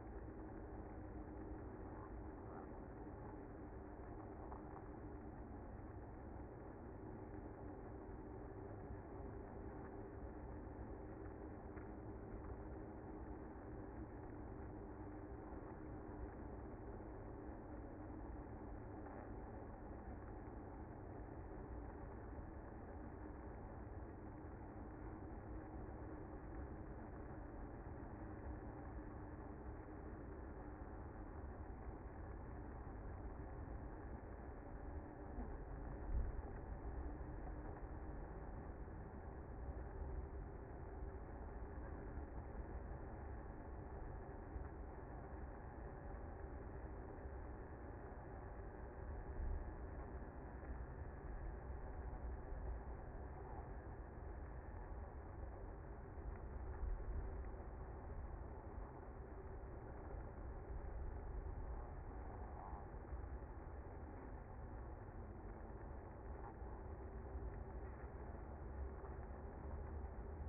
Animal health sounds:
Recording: honeybee colony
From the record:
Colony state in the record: active

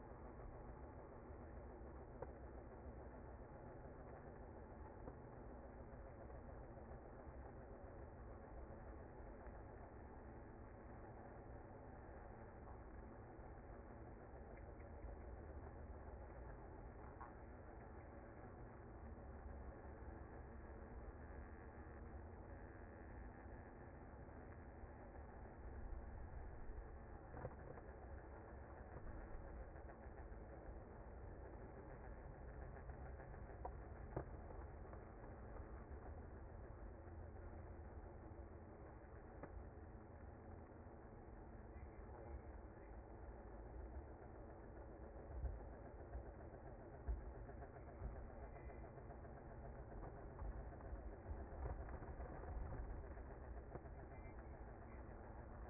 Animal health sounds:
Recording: honeybee colony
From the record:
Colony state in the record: active

